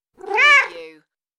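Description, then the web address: Cat giving a single short meow, rising then falling in pitch over about one second, with no other sounds. "beanstalk-audio Meow"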